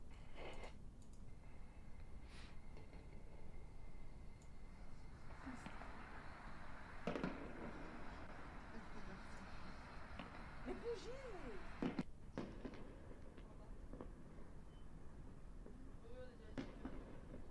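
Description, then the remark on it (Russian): Scattered sharp bangs and crackling bursts of fireworks pop at irregular intervals during street riots in Bron, Lyon, France, over a steady rushing street noise, with a few whistling tones and faint voices in the background. “Вот такие фейерверки.”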